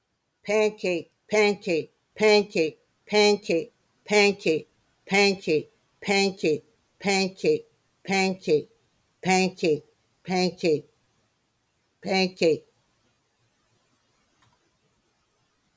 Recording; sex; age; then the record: repeated syllables /pa ta ka/; female; 60 to 69 years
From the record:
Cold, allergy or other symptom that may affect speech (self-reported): no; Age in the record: 67 years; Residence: South Carolina, United States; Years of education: 14